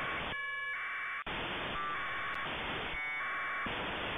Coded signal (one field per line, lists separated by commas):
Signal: packet radio (AX.25, as in APRS)